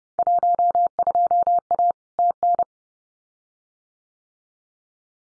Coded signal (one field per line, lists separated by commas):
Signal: Morse code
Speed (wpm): 30 wpm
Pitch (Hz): 700 Hz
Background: none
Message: 12A TN